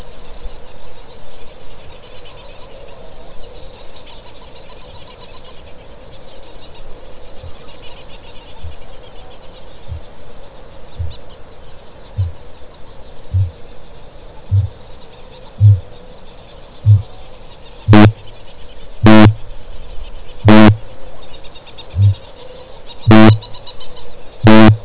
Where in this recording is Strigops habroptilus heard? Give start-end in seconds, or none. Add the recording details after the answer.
7.14-9.07, 9.63-12.61, 13.13-17.03, 17.51-24.85. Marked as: faintness 5/5, faintness 3/5, faintness 2/5, faintness 1/5. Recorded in New Zealand. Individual Stumpy